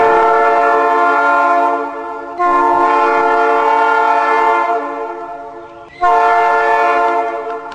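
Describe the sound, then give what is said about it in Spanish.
A loud horn of the train through the Valle de Punilla in the sierras of Córdoba sounds three long, steady blasts in a row, each a rich chord of layered tones that fades slightly before the next blast cuts in. “El tren llegó a este punto del país a fines del siglo XIX y tímidamente, algunos días, aún resuena su bocina.”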